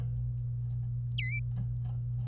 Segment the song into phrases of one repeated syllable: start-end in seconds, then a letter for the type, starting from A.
1.18-1.39 A